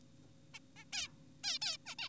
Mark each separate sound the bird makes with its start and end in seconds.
0.54-0.59, 0.76-0.84, 0.93-1.08, 1.44-1.59, 1.62-1.77, 1.86-1.95, 1.98-2.09